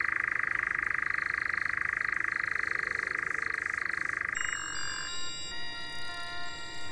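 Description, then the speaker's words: European Nightjar giving an even, unbroken churr for about four seconds, after which sustained musical tones take over. Nightjars present at night around Coursegoules, Alpes-Azur-Mercantour, France, on a nocturnal-animals sound trail; said to have a distinctive call. "Ici, il y a aussi des engoulevents. Ça a un cri particulier."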